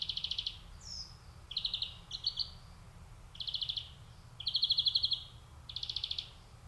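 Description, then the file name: European greenfinch song made of repeated rapid buzzing trills and short twitters, several phrases in quick succession with brief gaps between them. "Chloris chloris"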